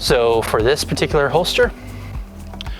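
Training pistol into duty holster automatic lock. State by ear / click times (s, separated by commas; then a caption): seated / 2.6 s. Someone talks, and then a blue training pistol is inserted into a Safariland Level III duty holster. The holster's automatic locking system (ALS) catches the pistol's ejection port with a sharp click at 2.6 s, seating and locking it in place.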